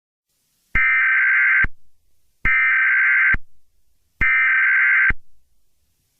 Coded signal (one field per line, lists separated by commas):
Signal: Emergency Alert System (SAME) tones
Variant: header bursts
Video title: EAS Scenario- The Town Where Nothing Happens